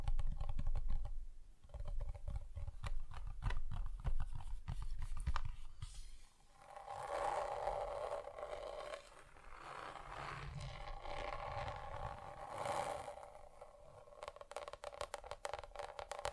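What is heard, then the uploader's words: Fingers tap rapidly on different surfaces, first dense low knocks, then softer scratchy tapping with a ringing tone in the middle stretch. ASMR Just Tapping (Different Surfaces No Talking).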